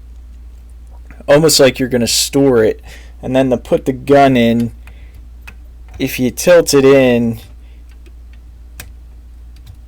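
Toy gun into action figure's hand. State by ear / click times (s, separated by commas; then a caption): seated / 8.8 s. Someone talks while a plastic toy gun is tilted into an action figure's hand from the side, with a few soft ticks of handling in the quieter stretch. A sharp click at 8.8 s marks the gun popping into place, seated in the figure's hand.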